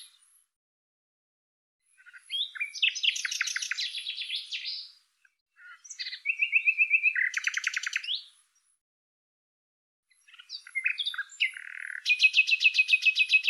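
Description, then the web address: Bird singing three bursts of dense, rapid chirps and buzzy trills, separated by short silences, ending on a steady repeated high trill. "Deverinetal 2025"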